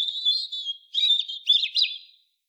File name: Erithacus rubecula